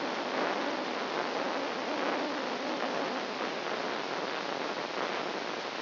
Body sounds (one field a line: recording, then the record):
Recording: brain microelectrode recording played as sound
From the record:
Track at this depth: inside the subthalamic nucleus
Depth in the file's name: 5.705 mm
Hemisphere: left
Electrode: 3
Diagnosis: Parkinson's disease